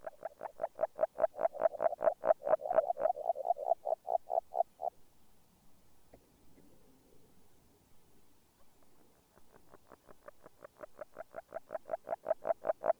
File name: Grenouille agile